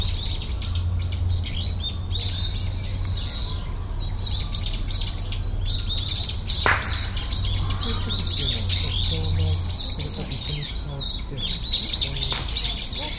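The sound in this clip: Birds twittering nonstop, dense high chirps and short whistles from many birds over a low steady hum, with a faint swish midway.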